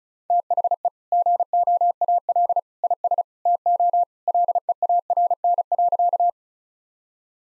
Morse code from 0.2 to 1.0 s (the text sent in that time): THE